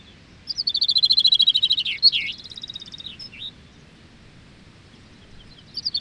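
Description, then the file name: Chaffinch singing one full phrase, a rapid run of repeated notes falling in pitch and closing with a twisting flourish, then the start of another at the end. Recorded in Gistel. "vink gistel"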